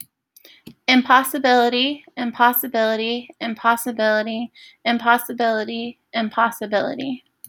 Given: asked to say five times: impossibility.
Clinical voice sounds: repeated word; female; 20 to 29 years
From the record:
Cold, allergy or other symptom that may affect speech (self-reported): no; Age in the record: 28 years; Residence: West Virginia, United States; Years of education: 16

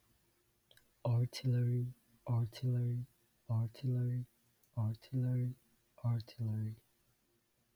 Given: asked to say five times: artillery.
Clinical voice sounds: repeated word; male; 18 to 19 years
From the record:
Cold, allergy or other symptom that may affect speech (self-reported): no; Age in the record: 19 years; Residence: Florida, United States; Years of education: 13

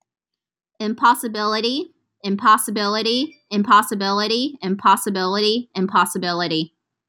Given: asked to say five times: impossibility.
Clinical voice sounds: repeated word; female; 20 to 29 years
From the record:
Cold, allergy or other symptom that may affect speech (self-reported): no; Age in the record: 24 years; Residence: Texas, United States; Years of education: 16

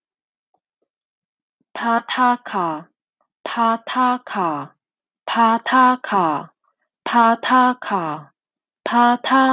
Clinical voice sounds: repeated syllables /pa ta ka/; female; 30 to 39 years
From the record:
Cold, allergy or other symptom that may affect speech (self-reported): no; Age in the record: 31 years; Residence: California, United States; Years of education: 18

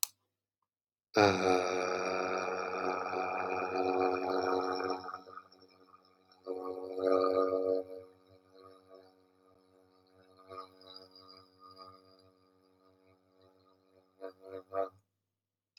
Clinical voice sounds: vowel held as long as possible; male; 30 to 39 years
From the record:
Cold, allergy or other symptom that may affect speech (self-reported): no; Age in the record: 34 years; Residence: Wisconsin, United States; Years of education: 16

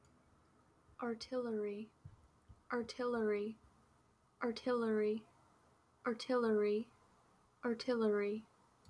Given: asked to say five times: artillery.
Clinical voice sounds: repeated word; female; 20 to 29 years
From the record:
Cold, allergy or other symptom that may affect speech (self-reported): no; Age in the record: 21 years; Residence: Washington, United States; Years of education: 14

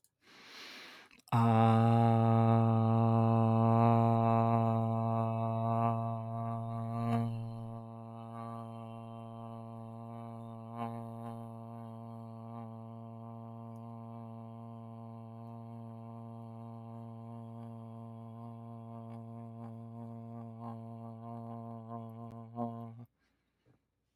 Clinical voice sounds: vowel held as long as possible; male; 30 to 39 years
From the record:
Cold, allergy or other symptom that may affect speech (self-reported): no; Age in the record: 34 years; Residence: Pennsylvania, United States

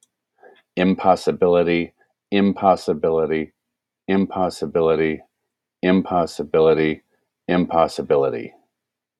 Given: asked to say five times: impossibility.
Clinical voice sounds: repeated word; male; 40 to 49 years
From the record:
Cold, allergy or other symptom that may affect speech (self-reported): no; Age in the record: 45 years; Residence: Texas, United States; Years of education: 16

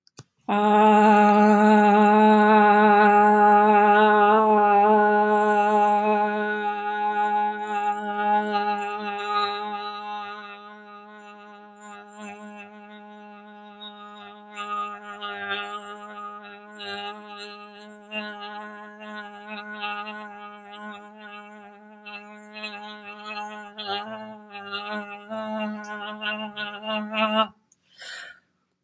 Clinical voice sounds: vowel held as long as possible; female; 30 to 39 years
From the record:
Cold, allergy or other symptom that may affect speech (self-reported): no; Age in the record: 33 years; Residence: New York, United States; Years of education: 19

